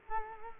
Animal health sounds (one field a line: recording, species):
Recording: mosquito wingbeat signal from an infrared sensor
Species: Culex quinquefasciatus